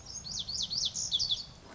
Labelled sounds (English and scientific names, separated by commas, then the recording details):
Lazuli Bunting (Passerina amoena)
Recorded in Sonoma County, California